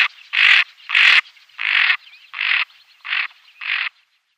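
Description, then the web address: Greater scaup uttering several loud, harsh grating calls in quick succession, each short and buzzy. Females. "Schulze Peter Greater Scaup females"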